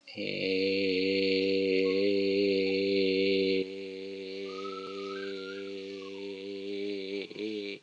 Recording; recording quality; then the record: sustained vowel as in made; excellent, no background noise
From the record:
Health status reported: healthy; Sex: male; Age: 38 years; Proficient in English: yes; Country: United States